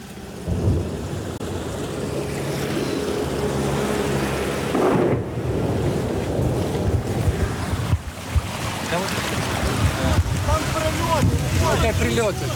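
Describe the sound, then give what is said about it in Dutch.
Small motorboats drone steadily past on the water, a continuous low engine hum with broad rushing water noise, and voices murmur faintly under it toward the end. “Het ene na het andere bootje vaart langs. Met daarin inwoners die geëvacueerd worden. Zwemvesten aan.”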